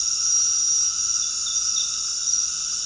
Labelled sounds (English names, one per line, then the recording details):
none
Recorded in secondary vegetation near Puerto Asís, Putumayo, Colombia, on 20 February 2024 at 19:00
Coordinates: 0.468, -76.324
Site G6381